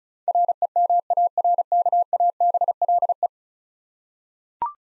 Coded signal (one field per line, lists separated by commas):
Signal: Morse code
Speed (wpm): 36 wpm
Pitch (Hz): 700 Hz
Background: none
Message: REMARKABLE